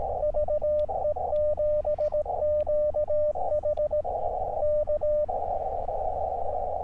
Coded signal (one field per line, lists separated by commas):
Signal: Morse code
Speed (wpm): 18 wpm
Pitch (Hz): 600 Hz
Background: radio noise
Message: VE7QH K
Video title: KX2 is back baby! | SOTA up at Dufferin Hill Oct 29, 2022